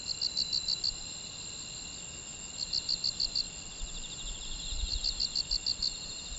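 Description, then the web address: Insect sounding groups of about six bright high pulses every two and a half seconds or so, over a continuous high buzz. "old insect sound"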